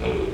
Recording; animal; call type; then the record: contact call of a hoofed animal; pig; closed-mouth grunt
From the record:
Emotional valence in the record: positive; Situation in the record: food and toys in familiar pen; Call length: 0.34 s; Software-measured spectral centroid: 1560 Hz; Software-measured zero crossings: 1200 a second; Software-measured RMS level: -25 dBFS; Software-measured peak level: -13 dBFS